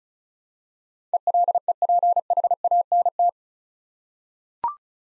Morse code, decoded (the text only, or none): ELEPHANT